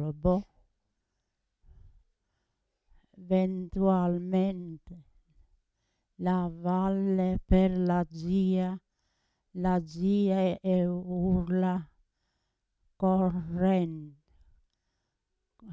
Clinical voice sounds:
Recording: read passage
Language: Italian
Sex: female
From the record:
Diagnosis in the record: Parkinson's disease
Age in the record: 80 years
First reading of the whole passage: 169 s, 3.1 characters per second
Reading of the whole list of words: 101 s, 2.8 characters per second

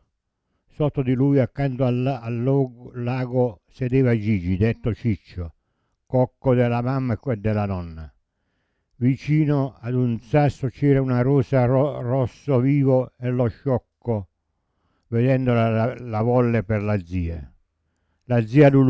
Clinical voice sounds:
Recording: read passage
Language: Italian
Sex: male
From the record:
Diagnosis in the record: Parkinson's disease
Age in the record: 70 years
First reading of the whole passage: 65 s, 7.9 characters per second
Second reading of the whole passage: 60 s, 8.6 characters per second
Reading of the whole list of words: 48 s, 5.8 characters per second

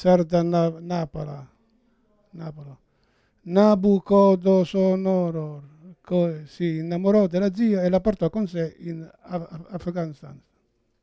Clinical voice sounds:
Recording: read passage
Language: Italian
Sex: male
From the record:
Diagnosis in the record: Parkinson's disease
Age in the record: 71 years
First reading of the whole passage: 62 s, 8.3 characters per second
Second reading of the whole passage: 53 s, 9.9 characters per second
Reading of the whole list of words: 66 s, 4.2 characters per second

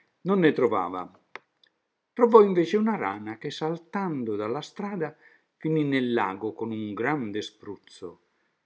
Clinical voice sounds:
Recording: read passage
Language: Italian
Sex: male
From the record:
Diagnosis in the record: healthy control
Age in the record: 76 years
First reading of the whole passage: 56 s, 9.2 characters per second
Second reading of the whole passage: 53 s, 9.7 characters per second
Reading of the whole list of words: 49 s, 5.7 characters per second

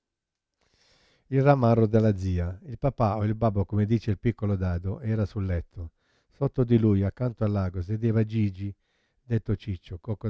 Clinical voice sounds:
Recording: read passage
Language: Italian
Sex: male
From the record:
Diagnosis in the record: Parkinson's disease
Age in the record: 71 years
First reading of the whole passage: 50 s, 10.4 characters per second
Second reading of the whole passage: 45 s, 11.4 characters per second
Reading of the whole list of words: 37 s, 7.6 characters per second

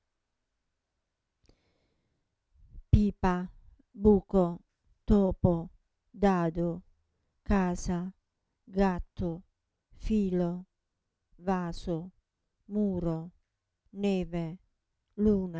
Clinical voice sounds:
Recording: read list of words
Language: Italian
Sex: female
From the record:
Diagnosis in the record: Parkinson's disease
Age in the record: 67 years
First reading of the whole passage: 79 s, 6.5 characters per second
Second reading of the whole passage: 74 s, 7.0 characters per second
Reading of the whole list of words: 72 s, 3.9 characters per second

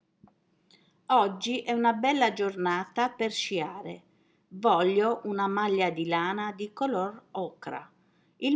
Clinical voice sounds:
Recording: read phrases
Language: Italian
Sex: female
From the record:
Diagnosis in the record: healthy control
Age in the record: 60 years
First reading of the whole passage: 59 s, 7.9 characters per second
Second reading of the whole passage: 55 s, 8.5 characters per second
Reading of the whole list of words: 44 s, 6.4 characters per second

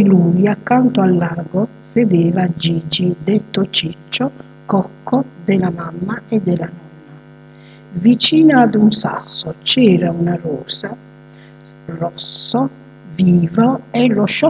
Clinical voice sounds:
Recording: read passage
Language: Italian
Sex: female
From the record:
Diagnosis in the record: healthy control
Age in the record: 62 years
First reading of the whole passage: 101 s, 4.7 characters per second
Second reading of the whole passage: 77 s, 5.9 characters per second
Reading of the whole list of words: 66 s, 3.9 characters per second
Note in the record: marked for poor recording quality or reading difficulty

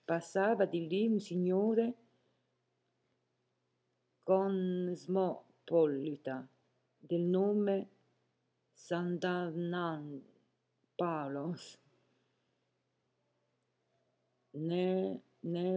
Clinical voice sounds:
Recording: read passage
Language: Italian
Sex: female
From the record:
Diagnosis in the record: healthy control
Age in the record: 70 years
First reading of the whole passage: 149 s, 3.0 characters per second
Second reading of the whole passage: 105 s, 4.4 characters per second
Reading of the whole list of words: 65 s, 4.0 characters per second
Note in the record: marked for poor recording quality or reading difficulty

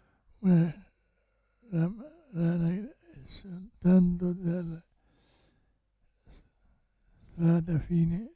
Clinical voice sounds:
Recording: read passage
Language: Italian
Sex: male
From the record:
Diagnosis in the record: Parkinson's disease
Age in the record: 65 years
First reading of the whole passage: 164 s, 3.2 characters per second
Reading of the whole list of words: 151 s, 1.9 characters per second

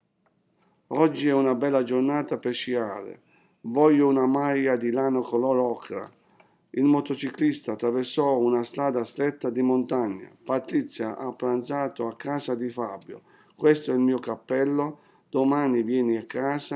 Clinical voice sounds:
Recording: read phrases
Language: Italian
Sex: male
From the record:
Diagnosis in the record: healthy control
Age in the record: 60 years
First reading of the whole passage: 60 s, 8.3 characters per second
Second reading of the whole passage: 54 s, 9.4 characters per second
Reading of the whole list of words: 38 s, 7.2 characters per second

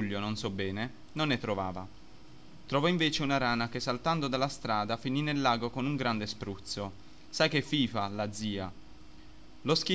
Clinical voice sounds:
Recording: read passage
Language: Italian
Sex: male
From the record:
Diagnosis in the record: healthy control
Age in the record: 21 years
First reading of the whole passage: 44 s, 11.7 characters per second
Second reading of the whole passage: 44 s, 11.8 characters per second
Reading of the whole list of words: 49 s, 5.8 characters per second

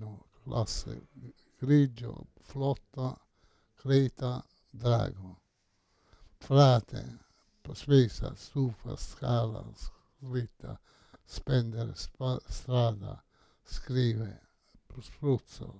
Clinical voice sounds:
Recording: read list of words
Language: Italian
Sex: male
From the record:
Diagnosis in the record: Parkinson's disease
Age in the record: 68 years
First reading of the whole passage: 85 s, 6.1 characters per second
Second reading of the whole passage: 63 s, 8.2 characters per second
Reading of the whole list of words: 49 s, 5.8 characters per second

